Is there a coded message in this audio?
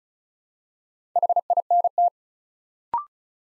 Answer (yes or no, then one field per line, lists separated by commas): yes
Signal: Morse code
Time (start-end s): 1.2-2.1 s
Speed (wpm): 36 wpm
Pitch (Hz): 700 Hz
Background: none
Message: HINT